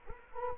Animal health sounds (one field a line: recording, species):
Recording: mosquito wingbeat signal from an infrared sensor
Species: Culex quinquefasciatus